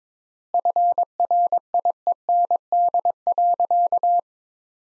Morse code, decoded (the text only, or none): FRIEND.